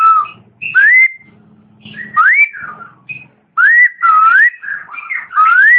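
Long-tailed shrike song: short whistled phrases, several sliding upward, given in bursts separated by brief pauses, with a faint low hum between phrases.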